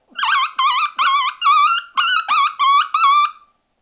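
Coyote yipping: eight short, wavering, whiny yelps with a clear tone, each followed by a brief pause, over a quiet background.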